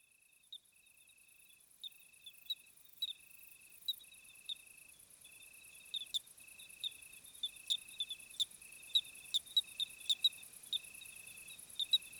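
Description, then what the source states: Crickets singing: even buzzy trills repeating about every second within a high, steady insect drone, sharp clicking growing more frequent toward the end. Summer night chorus, 26 July 2020 at 21:15, Plateau de Lesches-en-Diois; hot night; recorded with Nagra Seven and B&K omni microphone.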